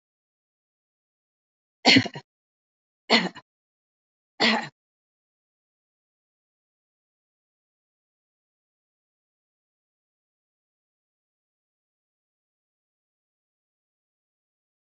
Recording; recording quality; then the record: shallow voluntary cough; excellent, no background noise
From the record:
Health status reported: healthy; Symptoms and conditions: none ticked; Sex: female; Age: 66 years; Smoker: not ticked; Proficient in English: yes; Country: India